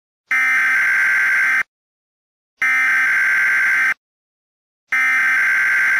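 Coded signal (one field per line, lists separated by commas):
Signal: Emergency Alert System (SAME) tones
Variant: header bursts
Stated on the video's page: Fictional EAS scenario set in Minecraft; simulated alert, not a real activation.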